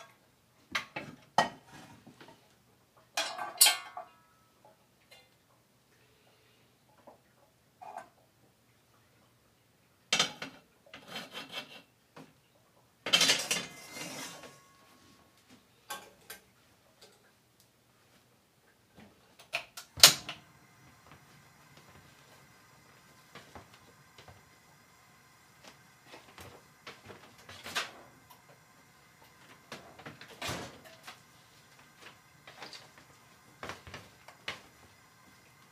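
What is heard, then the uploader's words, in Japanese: A knife is sharpened while something simmers. Short bursts of rasping scrapes come in the first twenty seconds, strongest near 3, 10 and 14 seconds. From about 20 seconds a steady, soft simmering hum runs under scattered ticks and light clinks of pots. 煮物と包丁研ぎ。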